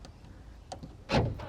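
On a 2025 GWM Cannon Alpha Ultra PHEV ute, the tailgate's side-opening barn-door release is pressed a second time. Faint knocks come near 0.1 and 0.7 s, then louder door-like thumps from about 1.1 to 1.5 s. The latch fails to let go again, and nothing has released or clicked yet.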